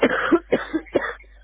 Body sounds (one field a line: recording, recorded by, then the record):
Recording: voluntary cough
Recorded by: telephone call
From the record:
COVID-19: positive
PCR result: self-reported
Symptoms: no